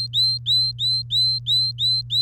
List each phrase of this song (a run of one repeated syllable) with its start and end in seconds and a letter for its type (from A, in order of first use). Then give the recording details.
0.00-2.22 A. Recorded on 3 May 2018 at 07:10. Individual llb3